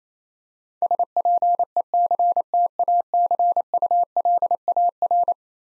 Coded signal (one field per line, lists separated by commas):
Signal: Morse code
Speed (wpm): 27 wpm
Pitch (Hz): 700 Hz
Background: none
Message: SPECTACULAR